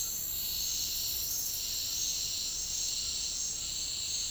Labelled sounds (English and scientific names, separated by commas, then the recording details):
none
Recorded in dense forest near Puerto Asís, Putumayo, Colombia, on 13 March 2025 at 09:30
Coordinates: 0.485, -76.318
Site G056